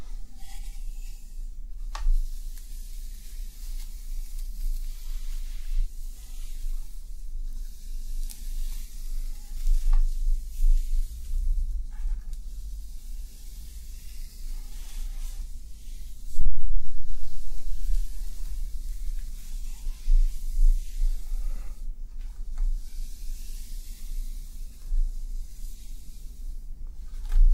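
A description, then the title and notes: Soft rustling of hair being handled, with a steady low hum, light crackly strands, and a louder brush near sixteen seconds. ASMR Friend Plays With Your Hair Until You Fall Asleep hair play personal attention roleplay.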